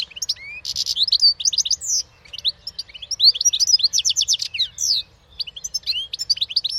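Bird calls: fast rising and falling chirps with rapid repeated trills and buzzy bursts, in lively runs broken by brief pauses.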